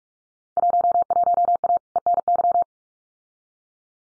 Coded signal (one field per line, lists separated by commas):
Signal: Morse code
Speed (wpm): 44 wpm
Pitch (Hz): 700 Hz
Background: none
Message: 11A ENY